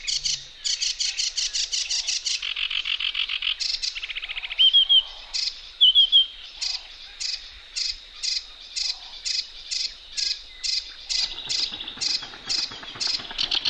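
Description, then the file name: Eurasian reed warbler song, a chattering run of harsh repeated notes with a few whistled phrases, then more evenly spaced repeated notes. Recorded on 31 May. "reedwarbler 0531"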